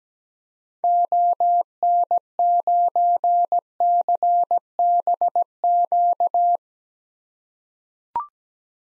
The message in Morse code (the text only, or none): ON9CBQ